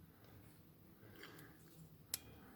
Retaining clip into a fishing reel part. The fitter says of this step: tap these back into place you hear a little snap right there and you're good okay